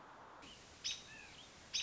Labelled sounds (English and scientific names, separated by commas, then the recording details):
American Robin (Turdus migratorius)
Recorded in Sonoma County, California